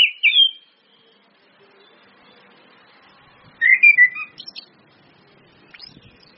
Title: PANCINGAN anis kembang ngeplong dan SUITAN BETINA